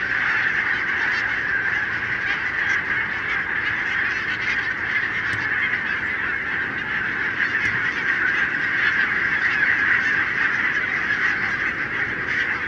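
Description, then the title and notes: Barnacle goose: barnacle geese flock producing a steady, dense chorus of overlapping yapping calls, a few sharper clicks or knocks heard briefly. Flock of 20,000 on wintering grounds in winter, Renesse, Netherlands, 12 January 2009; recorded with Nagra LB and Telinga P7. "Renesse - Pays-bas. 20 000 Bernache nonnette ( Branta leucopsis) en Hollande"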